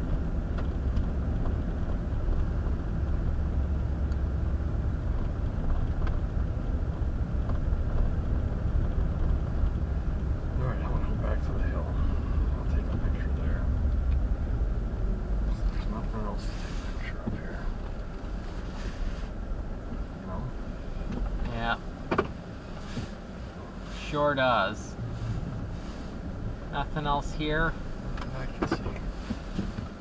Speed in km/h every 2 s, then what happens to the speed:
29, 29, 27, 26, 26, 26, 23, 16, 10, 8, 6, 0, 0, 0, 0.
0-10 steady at about 26. 10-21 slows to 0. 21-30 standing.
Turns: 14-19.